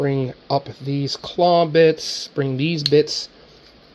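Someone talks while handling the claw parts of a plastic Transformers Legacy United Tigerhawk action figure, bringing them up to fold into the figure's body, with only faint handling noise between the words. The clip ends in near silence before the parts go home, so nothing has seated or clicked yet.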